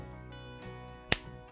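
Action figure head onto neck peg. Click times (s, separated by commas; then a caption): 1.1 s. A toy action figure's head is pushed onto its plastic neck peg, where it usually just sits on top and pops off. This time it snaps on with a single sharp click at 1.1 seconds over a steady musical background. The head is seated on the neck.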